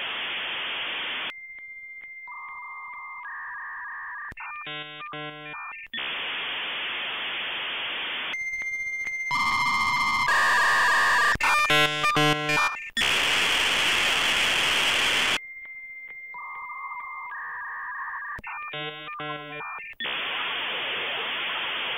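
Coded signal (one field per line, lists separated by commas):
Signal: dial-up modem handshake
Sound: several modem handshakes: steady tones, warbling two-tone chirps, bursts of loud hiss between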